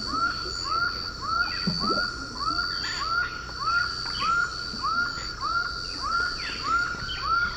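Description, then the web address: Laughing falcon's quick laughing series of short rising notes, nearly two per second, with insects buzzing and other birds faintly calling. Recorded in Ecuador. "Natures Songs S America Birds of Ecuador Laughing Falcon"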